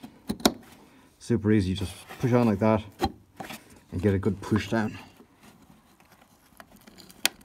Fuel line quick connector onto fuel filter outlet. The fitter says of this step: just like that, you hear that little click.